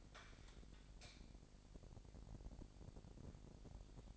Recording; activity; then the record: daily activity, microphone in the room; light on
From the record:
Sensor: 5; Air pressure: 1012.0 hPa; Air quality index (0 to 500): 247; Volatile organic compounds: 5 ppm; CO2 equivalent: 1708 ppm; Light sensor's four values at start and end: 40/94/39/41 and 41/99/41/43